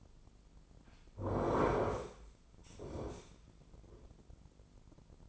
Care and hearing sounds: daily activity, microphone in the room; sit down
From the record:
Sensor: 5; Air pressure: 996.1 hPa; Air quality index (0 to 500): 246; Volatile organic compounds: 480 ppm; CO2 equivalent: 4792 ppm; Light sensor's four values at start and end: 168/403/171/186 and 168/403/171/186

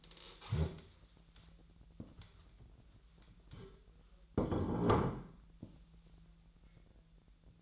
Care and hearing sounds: daily activity, microphone in the room; stand up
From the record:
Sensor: 3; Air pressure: 1001.5 hPa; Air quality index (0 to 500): 248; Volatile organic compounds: 143 ppm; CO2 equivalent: 3990 ppm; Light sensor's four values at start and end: 11/26/11/11 and 8/17/7/7

